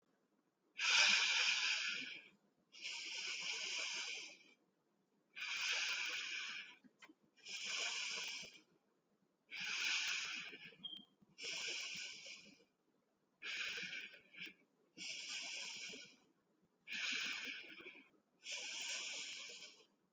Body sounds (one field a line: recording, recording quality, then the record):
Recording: deep breathing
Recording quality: excellent, no background noise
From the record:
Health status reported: healthy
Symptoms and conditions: none ticked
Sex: male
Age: 25 years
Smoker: not ticked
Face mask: not worn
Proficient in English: yes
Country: United States